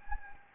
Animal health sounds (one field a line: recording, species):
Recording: mosquito wingbeat signal from an infrared sensor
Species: Anopheles gambiae